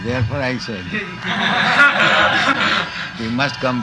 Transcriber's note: laughter